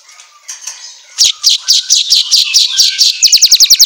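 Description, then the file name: Asian golden weaver song: faint twitter becomes loud, evenly spaced scratchy notes, ending in a quicker run of sharp clicks. Meant for training songbirds to sing vigorously ('auto gacor'). "Suara Kicau Manyar Kepala Emas Auto Gacor"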